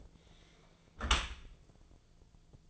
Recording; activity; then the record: daily activity, microphone in the room; close dishwasher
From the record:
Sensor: 5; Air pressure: 1000.6 hPa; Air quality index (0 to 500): 149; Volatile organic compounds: 2 ppm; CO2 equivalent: 1146 ppm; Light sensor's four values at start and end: 41/93/40/43 and 40/92/39/43